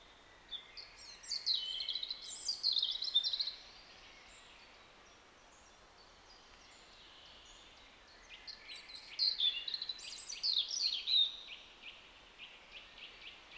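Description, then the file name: European robin giving two sparkling phrases of rapid high notes and trills, separated by about four seconds of quiet. "Erithacus rubecula"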